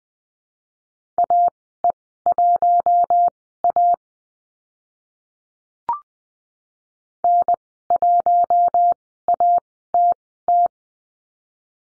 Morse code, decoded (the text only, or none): AE1A N1ATT